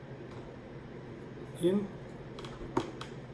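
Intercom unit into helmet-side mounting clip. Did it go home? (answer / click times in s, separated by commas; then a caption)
yes / 2.8 s. A helmet intercom unit is pushed onto its plastic mounting clip on the side of an LS2 Valliant 2 (FF900) helmet while someone talks. Faint ticks come just before and after, and a sharp click at 2.8 s marks the unit seating in the mount.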